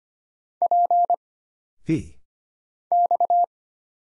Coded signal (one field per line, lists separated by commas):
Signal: Morse code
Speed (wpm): 25 wpm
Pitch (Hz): 700 Hz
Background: none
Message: P X